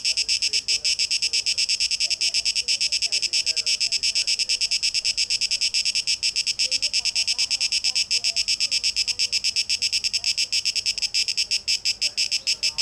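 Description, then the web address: Continuous shrill cicada buzz, rapidly pulsing, with faint lower sounds beneath it. Recorded 12 August 2023; tape echo mix. "Audio 2023-08-12 Zikaden (Tape Echo Mix)"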